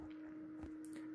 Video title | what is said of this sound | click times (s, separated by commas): How To Disassemble Acer Nitro 5 Gaming Laptop | as you do it you'll hear a couple clicks of it coming out of place which is good so | 0.9 s